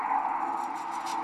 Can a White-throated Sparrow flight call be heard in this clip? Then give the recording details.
no. No flight call is heard. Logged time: 00:08 on 13 December 2014